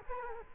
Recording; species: mosquito wingbeat signal from an infrared sensor; Culex quinquefasciatus